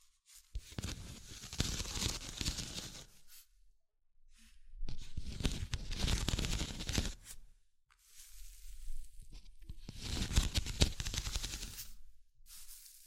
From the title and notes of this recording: ASMR Simple But Effective Tapping, Scratching, Tracing and Panning (No Talking).